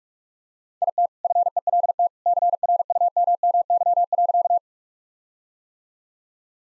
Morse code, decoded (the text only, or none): IT FELT CRUMMY.